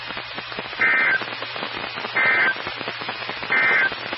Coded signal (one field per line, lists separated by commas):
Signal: Emergency Alert System (SAME) tones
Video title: EAS 1959-1963 (6/13/22)